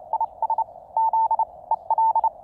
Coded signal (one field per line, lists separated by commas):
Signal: Morse code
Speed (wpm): 29 wpm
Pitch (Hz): 890 Hz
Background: none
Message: IS Z EL